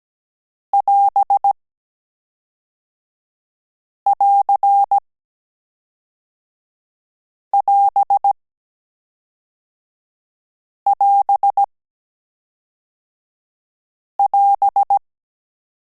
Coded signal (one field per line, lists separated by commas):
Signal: Morse code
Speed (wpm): 17 wpm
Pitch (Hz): 800 Hz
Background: none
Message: <AS><AR><AS><AS><AS>